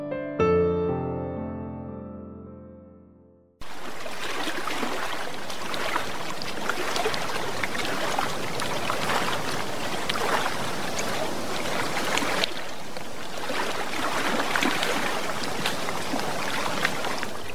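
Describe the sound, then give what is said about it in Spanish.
A ringing musical tone fades out over a few seconds, then steady rushing sea waves take over, a broad hiss that swells and eases in gentle surges with no voices. “Hay momentos en los que apetece sentarse en una roca y observar el mar y escuchar lo que nos cuenta.”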